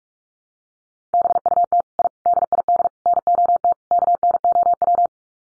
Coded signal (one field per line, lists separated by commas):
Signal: Morse code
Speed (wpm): 44 wpm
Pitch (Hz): 700 Hz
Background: none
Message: BUT I DID NOT KNOW